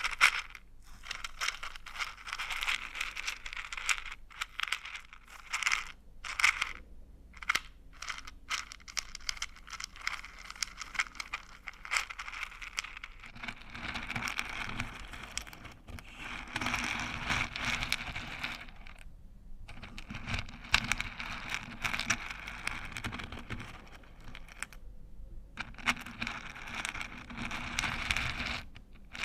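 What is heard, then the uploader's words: Old-time riches being stirred, a dense run of crunchy, scraping rattles that keeps going with brief gaps around 6–8, 19 and 25 seconds. The texture is bright and gritty, like coins or hard bits shifting. From about 13 seconds a low rumble joins underneath. Old-Time Riches Crunchy Stirring. NO TALKING.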